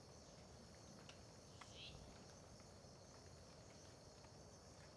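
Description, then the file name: Crickets in an unbroken high trill, with a few drips and a low continuous rumble. Terra Ronca park, near the road, at dawn; dripping water also present; AB stereo recording. "Ambiencia parque terra ronca perto da estrada amanhecer com bacurau, gotejar, grilos, gravacao em ab"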